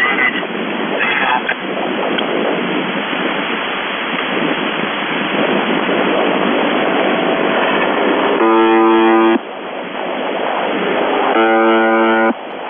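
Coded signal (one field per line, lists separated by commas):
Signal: channel marker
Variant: UVB-76 (The Buzzer)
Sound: shortwave static with two low, harsh, foghorn-like buzzes of about one second each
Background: radio static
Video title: The Buzzer/UVB-76(4625Khz) October 14, 2021 Voice messages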